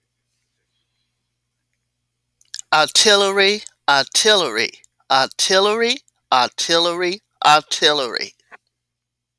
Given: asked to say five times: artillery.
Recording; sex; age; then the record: repeated word; female; 50 to 59 years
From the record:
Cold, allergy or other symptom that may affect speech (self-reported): no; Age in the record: 54 years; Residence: Georgia, United States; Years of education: 12